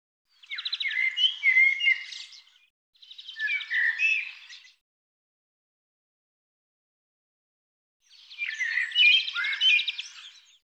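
Bird singing three phrases, each opening with a quick buzzy trill that runs into jumbled whistles and chirps.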